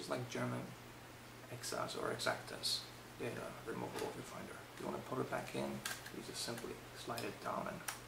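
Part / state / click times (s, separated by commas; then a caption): removable viewfinder into SLR camera body / not seated / none. Someone talks while a removable viewfinder is slid down into a Nikon SLR camera body, with a steady low hum underneath. Nothing has seated or clicked yet; the viewfinder is still being handled and is not yet home.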